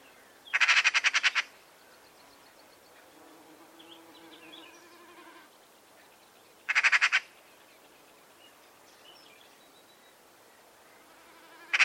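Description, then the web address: Bird giving dense bursts of rapid, rasping pulsed notes, repeated about every six seconds, with faint softer chirps between the bursts. Call type labelled "Pi Pi Pi Pi" in a bird-only sound dataset. "Deverinetal 2025 File origin Bird Only"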